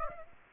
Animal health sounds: mosquito wingbeat signal from an infrared sensor; Aedes aegypti

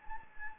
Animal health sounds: mosquito wingbeat signal from an infrared sensor; Anopheles gambiae

